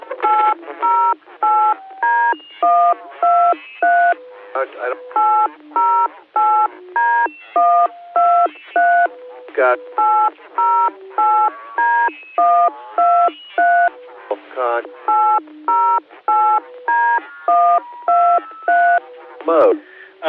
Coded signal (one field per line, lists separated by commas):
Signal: DTMF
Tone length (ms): 320 ms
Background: speech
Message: 808D123 808D123 808D123 808D123